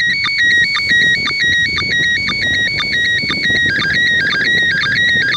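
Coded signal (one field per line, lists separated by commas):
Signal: SSTV (slow-scan television)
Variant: PD 120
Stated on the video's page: SSTV images from the ISS, received with a radio and a phone.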